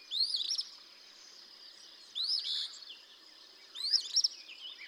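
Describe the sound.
Eastern phoebe song heard three times, each a sharp rising note run into a scratchy stuttering buzz, with a steady high-pitched drone in the background.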